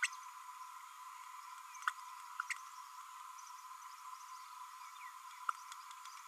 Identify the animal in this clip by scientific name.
Forpus passerinus